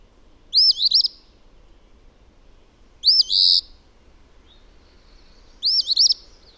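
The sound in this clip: Bird giving three high, sweeping, looped phrases about two and a half seconds apart.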